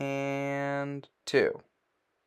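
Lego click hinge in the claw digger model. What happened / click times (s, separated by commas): Handled, not yet home: no seating click before the clip ends / none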